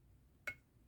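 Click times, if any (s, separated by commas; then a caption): 0.5 s. A screwdriver is turned backwards on a small metal screw in an already-threaded plastic part of the hood of a 1:8 scale Alfa Romeo Giulia Super 1.6 model car. A single sharp click at 0.5 s marks the screw dropping down into the existing thread, so it is seated but not yet tightened fully.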